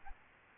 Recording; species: mosquito wingbeat signal from an infrared sensor; Aedes albopictus